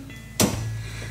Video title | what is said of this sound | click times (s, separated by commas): Pt.1 2016 Polaris Ranger EFI Fuel Pump Troubleshooting And Repair For Under 30 Dollars | Take this connector, slide it down over the fuel pump till you hear it click, then give it a good tug, make sure it's good and tight. | 0.4 s